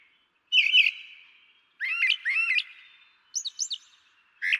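Brown Thrasher song: varied phrases with slurred notes, some given as a doubled pair, then a high chirpy phrase, each separated by short pauses.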